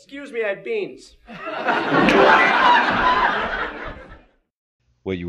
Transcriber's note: laughter